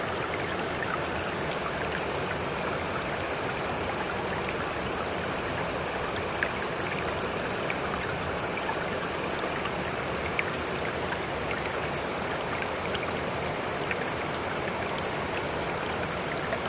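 A stream rushes steadily and densely, a constant full wash of water with faint brighter splashes scattered throughout.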